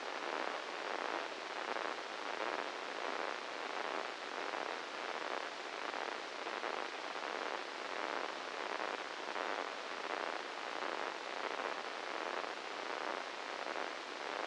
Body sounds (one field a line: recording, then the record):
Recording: brain microelectrode recording played as sound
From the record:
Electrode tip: inside the subthalamic nucleus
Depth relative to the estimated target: -3 mm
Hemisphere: right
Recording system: NeuroSet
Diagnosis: Parkinson's disease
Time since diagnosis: 10 years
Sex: male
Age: 56 years